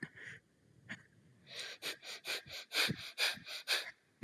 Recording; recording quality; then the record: shallow breathing; excellent, no background noise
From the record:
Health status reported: COVID-19 positive, mild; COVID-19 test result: positive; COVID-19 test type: RT-PCR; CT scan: not taken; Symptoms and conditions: fatigue, diabetes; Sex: female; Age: 51 years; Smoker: no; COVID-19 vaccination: both doses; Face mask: not worn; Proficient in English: yes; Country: India